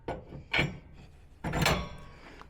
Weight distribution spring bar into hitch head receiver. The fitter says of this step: So, we're going to slam it up into that receiver and it's going to lock into place on there.